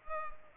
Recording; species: mosquito wingbeat signal from an infrared sensor; Culex pipiens